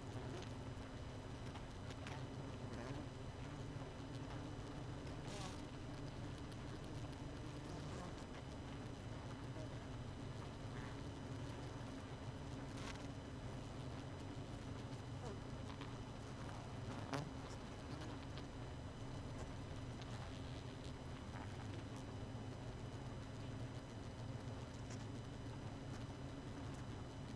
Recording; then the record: honeybee colony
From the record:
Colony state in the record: missing queen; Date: 31 May 2018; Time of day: 1:36